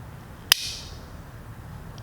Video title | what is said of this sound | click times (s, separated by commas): '19 Electra Glide Standard Lighted Hand Controls Installation - Fat Head Cycles | place it on push it to us snaps in hand | 0.5 s